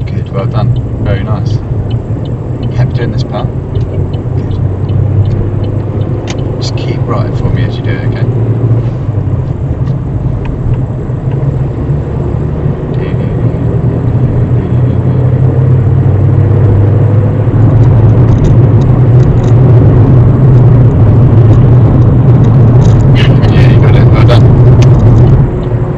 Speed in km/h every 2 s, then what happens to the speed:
35, 40, 44, 47, 44, 48, 58, 66, 71, 72, 72, 71, 74.
0-5 speeds up to 47. 9-17 speeds up to 72. 17-26 steady at about 72.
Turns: none.